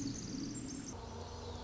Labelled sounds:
Pacific Wren (Troglodytes pacificus)
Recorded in Sonoma County, California

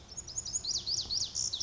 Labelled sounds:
Lazuli Bunting (Passerina amoena)
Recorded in Sonoma County, California

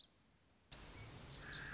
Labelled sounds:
Lazuli Bunting (Passerina amoena)
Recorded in Sonoma County, California

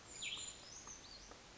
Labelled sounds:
Brown Creeper (Certhia americana)
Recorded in Sonoma County, California

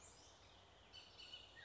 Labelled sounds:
Bullock's Oriole (Icterus bullockii)
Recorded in Sonoma County, California

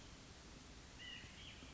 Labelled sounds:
White-breasted Nuthatch (Sitta carolinensis)
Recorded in Sonoma County, California

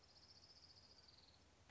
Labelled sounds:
Orange-crowned Warbler (Leiothlypis celata)
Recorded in Sonoma County, California

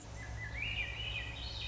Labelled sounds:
Swainson's Thrush (Catharus ustulatus)
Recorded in Sonoma County, California

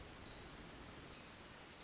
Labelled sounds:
Pacific Wren (Troglodytes pacificus)
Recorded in Sonoma County, California

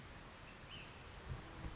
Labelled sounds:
Ash-throated Flycatcher (Myiarchus cinerascens)
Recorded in Sonoma County, California

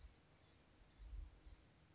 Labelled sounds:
Blue-gray Gnatcatcher (Polioptila caerulea)
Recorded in Sonoma County, California

